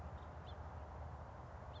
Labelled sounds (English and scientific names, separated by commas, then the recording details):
House Finch (Haemorhous mexicanus)
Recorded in Sonoma County, California